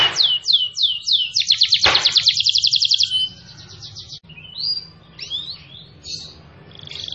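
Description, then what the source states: Canary singing quick falling whistles, a fast repeated trill, then varied twittering slurs and a soft buzzy trill starting at the end. Recording used as a bird lure.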